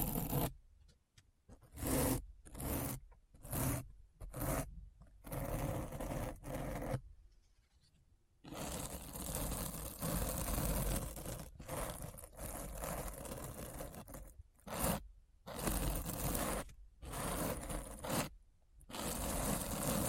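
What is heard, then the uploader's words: Rapid scratching comes in short bursts with brief silent gaps, then a long continuous rough stretch from about eight to fourteen seconds. ASMR Deep Brain Scratch (No Talking).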